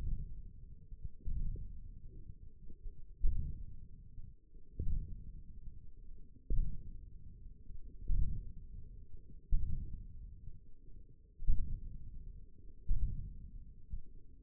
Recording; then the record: forearm muscle sounds (acoustic myography)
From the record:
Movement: ulnar deviation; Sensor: system 1, eight BSWA MPA416 microphones around the upper forearm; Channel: 2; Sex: male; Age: 28 years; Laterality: right